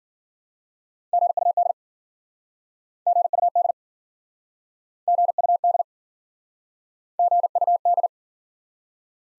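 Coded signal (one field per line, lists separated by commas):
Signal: Morse code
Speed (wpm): 52 wpm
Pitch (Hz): 700 Hz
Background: none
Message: GUD GUD GUD GUD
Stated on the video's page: Morse practice in Speed-Racing format: starts fast and slows incrementally to a base speed, fastest being 1.5 times slowest; final repeat sent once at maximum speed.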